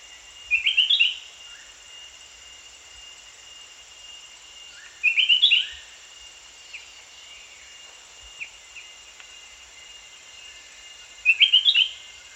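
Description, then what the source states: Spectacled bulbul calls: three bursts of rapid, bright twittering notes spaced several seconds apart, softer low notes between, over a constant high insect drone. Danum, 1 January 2008.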